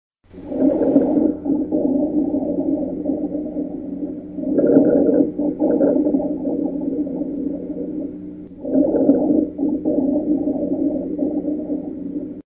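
Low-pitched, rumbling, snore-like continuous sounds fill three long breath phases of about four seconds each, heard over an adult's lungs. These are rhonchi, coarse continuous lung sounds that point to secretions or narrowing in the larger airways.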